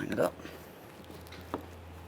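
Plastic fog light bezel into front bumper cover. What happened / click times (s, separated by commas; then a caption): The plastic trim piece is handled and lined up but not yet seated / none. A plastic fog light bezel for a 2013-2020 Ford Fusion is being lined up, outboard ears first, against the front bumper cover while someone talks briefly at the start. A few faint handling ticks follow around 1.0, 1.3 and 1.5 seconds. The bezel has not gone home, and nothing has seated or clicked yet.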